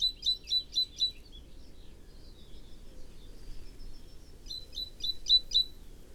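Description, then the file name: Great tit calls in two short runs of high clipped notes, with thin high twitters between them over low background noise. "Parus major"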